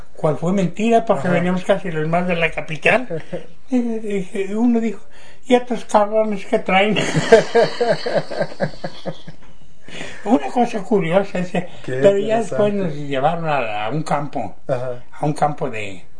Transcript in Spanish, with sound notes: Cual fue mentira porque veníamos casi los más de la capital. (risas) Y uno dijo: “Y estos cabrones, ¿qué traen?”. (risas) Una cosa curiosa ese. Pero ya después nos llevaron a un campo, a un campo de